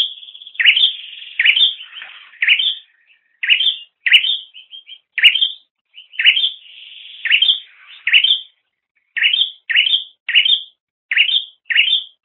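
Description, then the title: Bird chirps in a long uneven series, several opening with a thin high whistled note before the bright upswept chirp. "kikicau"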